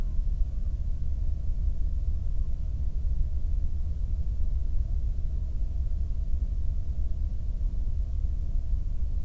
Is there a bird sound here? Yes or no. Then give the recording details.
no. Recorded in the Prudhoe Bay oil fields, Alaska, on 22 May 2019 at 01:07. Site 19